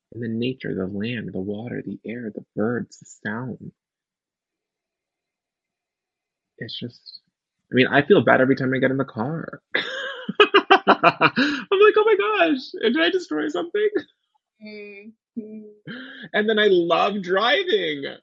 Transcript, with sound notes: The nature of the land, the water, the air, the birds, the sound? It’s just. I mean I feel bad every time I get in the car. (laughter) I’m like, oh my gosh, did I destroy something? And then I love driving.